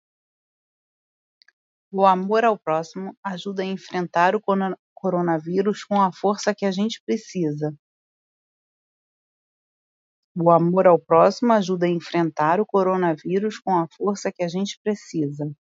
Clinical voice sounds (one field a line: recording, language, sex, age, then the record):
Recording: spoken sentence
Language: Brazilian Portuguese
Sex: female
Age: 40 to 49 years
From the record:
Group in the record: control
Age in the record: 42 years